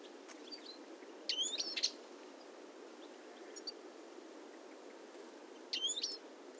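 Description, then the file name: European goldfinch calls in two short bursts of liquid, tinkling twitters, with faint chips between over a soft background hiss. "Carduelis carduelis"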